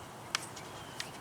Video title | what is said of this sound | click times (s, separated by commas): SIMPLE DIY PROJECT THAT YOU CAN DO | Okay, give it a good tug. You hear it go click. It's now locked. | 0.3 s